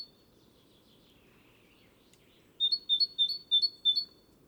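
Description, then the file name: Great tit giving a run of several crisp two-note see-saw phrases after a quiet start with a few faint notes, over steady low background rumble. "Parus major"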